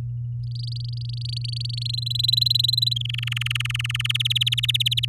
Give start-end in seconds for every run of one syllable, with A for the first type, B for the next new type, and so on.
0.43-1.83 A, 1.85-2.98 B, 3.00-4.17 C, 4.20-5.05 D